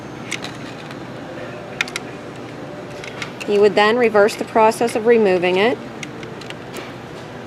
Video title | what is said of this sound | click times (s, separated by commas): Tube Change Instructions for CANNON's miniAV-LT | down until you hear a click you would | 1.8 s